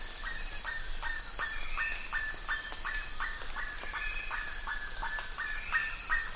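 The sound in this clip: Bird calling in a quick, uneven series of short descending notes, with a constant high hum.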